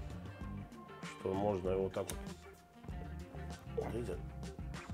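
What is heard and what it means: The factory folding grip on a DJI Ronin RSC2 camera gimbal is handled and folded toward its folded position while someone talks over background music, with brief handling noises near 3.4 s and 4.4 s. The grip has not clicked or locked into place yet by the end of the clip.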